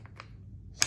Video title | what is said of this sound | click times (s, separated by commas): Reseña del sincetop Soporte Movil Bicicleta,Soporte Movil Bici Montaña,Montaje en vástago para Celul | Snaps into place. | 0.8 s